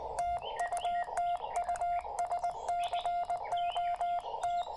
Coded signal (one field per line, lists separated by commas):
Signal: Morse code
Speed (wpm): 20 wpm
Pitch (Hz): 690 Hz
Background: none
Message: TU TU SCOT